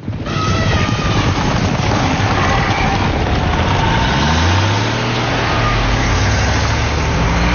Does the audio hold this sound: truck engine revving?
yes